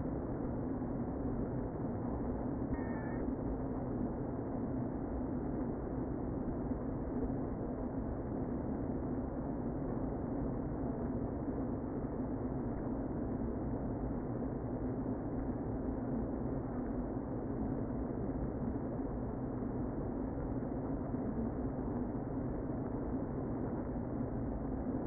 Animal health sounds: honeybee colony, microphone inside the hive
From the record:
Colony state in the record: queen present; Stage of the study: before two queens were removed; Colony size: about 60,000 bees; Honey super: yes

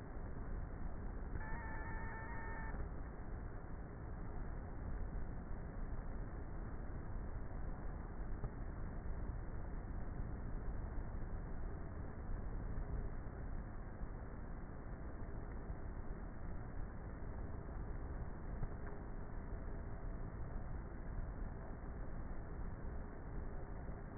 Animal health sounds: honeybee colony, microphone inside the hive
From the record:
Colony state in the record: queenless with a low population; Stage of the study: before two queens were removed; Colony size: about 30,000 bees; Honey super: no

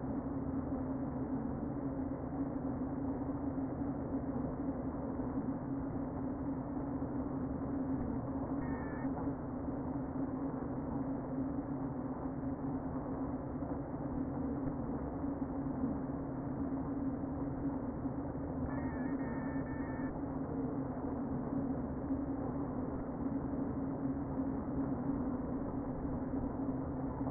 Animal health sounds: honeybee colony, microphone inside the hive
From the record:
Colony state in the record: queen present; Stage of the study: before two queens were removed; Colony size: about 60,000 bees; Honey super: yes

